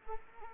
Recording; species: mosquito wingbeat signal from an infrared sensor; Anopheles arabiensis